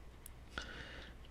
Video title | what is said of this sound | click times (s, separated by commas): Tobruk - A Flames of War Starter box - Unbox and review! | It just kind of snaps right in, so it's real easy to | 0.6 s